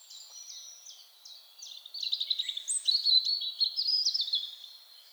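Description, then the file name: European robin song, a few soft high notes building into a loud, fast jumble of sparkling trills and warbles. "Erithacus rubecula"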